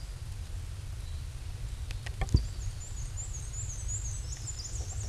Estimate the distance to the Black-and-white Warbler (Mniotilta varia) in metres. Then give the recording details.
about 25 m. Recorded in a Pennsylvania forest on 18 May 2023 at 13:57. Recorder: AudioMoth, point grid1_9_low. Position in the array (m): 89 m, 104 m